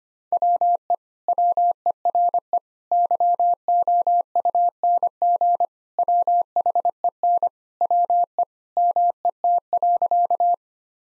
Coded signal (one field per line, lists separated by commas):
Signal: Morse code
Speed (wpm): 25 wpm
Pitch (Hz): 700 Hz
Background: none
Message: WE WERE YOUNG WHEN WE MET.